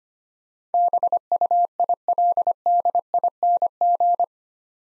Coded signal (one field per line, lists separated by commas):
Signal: Morse code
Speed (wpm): 25 wpm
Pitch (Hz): 700 Hz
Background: none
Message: BUILDING